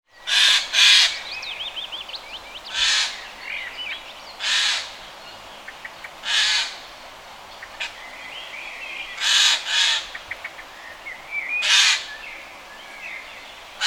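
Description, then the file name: Eurasian jay giving harsh, rasping screeches, single or doubled, spaced irregularly every one to three seconds, while other small birds sing thin whistled phrases behind. "Garrulus glandarius"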